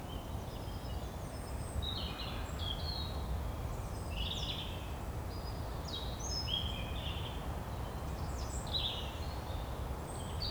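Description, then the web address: Birds chirping and twittering throughout, several short high chirps and trills overlapping, with a steady low rumble of background noise underneath. Recorded in the morning. "Keller Seth. Morning Birds"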